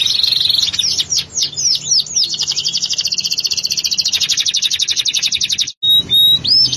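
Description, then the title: Canary song opening with a steady whistle and swooping notes, then a long rapid trill, a brief break, and a short high whistle. "Kenari"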